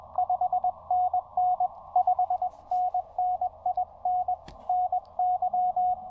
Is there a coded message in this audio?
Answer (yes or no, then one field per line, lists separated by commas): yes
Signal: Morse code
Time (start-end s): 0.2-5.9 s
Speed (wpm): 21 wpm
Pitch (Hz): 690 Hz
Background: radio noise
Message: 5NN 5NN IN NY